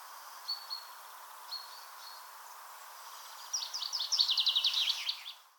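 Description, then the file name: Common chaffinch: a few short, high notes, then a fast trill of repeated notes ending in a brief flourish, over soft hiss. "Fringilla coelebs"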